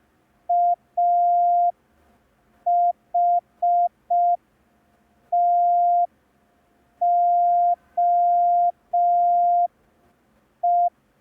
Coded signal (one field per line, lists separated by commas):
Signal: Morse code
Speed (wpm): 5 wpm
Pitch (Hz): 700 Hz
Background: none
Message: AHTOE